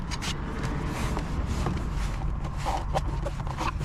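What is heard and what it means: A plastic A-pillar trim panel from a 2008-2014 Dodge Avenger is handled as it is refitted, its two slats set into the pillar groove and clips. Soft shuffling and scraping run throughout, with brief sharp knocks around 1.2 and 1.7 seconds. Nothing has seated or clicked yet.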